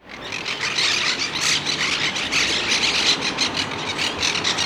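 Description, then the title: Monk parakeets squawking: a dense, continuous chorus of harsh, grating screeches overlapping without pause. Heard from a balcony; the birds were seen playing, eating and working, and they scream loudly. "Cotorra De Pit Gris"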